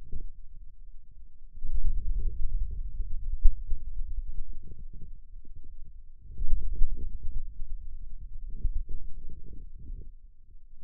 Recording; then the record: forearm muscle sounds (acoustic myography)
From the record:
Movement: radial deviation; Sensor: system 2, bracelet of six BSWA MPA416 microphones around the upper forearm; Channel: 2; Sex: male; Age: 22 years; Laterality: right